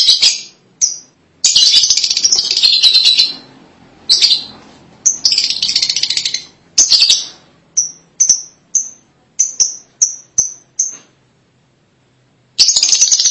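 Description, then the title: Lovebird calls: bursts of harsh, high, rasping chatter broken by short pauses, then a run of sharp single squeaks spaced under a second apart. "Suara Burung Lovebird"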